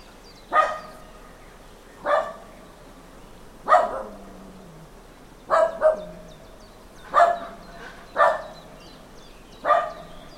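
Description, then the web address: Dog barking steadily, about eight barks, one pair close together, spaced roughly every second and a half. Dog barking in a small farmyard with a traffic-free background. "Hollywood Edge Historical Series Traffic Free BG's Small Farmyard Dog Barking"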